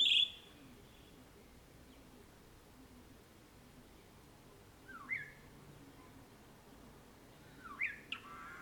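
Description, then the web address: Birds calling, a loud high chirp at the start followed by a few short rising notes later, over quiet background hiss. Birds recorded in the morning, June 2009. "2009-06-morning-birds morningbirds"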